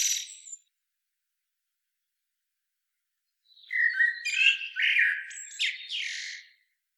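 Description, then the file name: Common blackbird: a brief high scratchy note, a long silence, then a warbled fluting phrase ending in shrill squeaky twitters. "Turdus merula"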